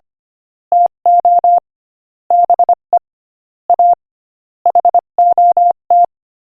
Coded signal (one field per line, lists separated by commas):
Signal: Morse code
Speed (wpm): 24 wpm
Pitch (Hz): 700 Hz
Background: none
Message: TO BE A HOT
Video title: Morse Code Practice: 25 wpm Joke #3